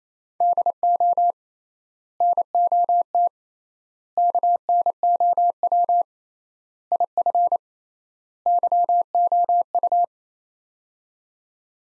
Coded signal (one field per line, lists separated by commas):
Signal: Morse code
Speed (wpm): 28 wpm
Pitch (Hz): 700 Hz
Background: none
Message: DO NOT KNOW IF YOU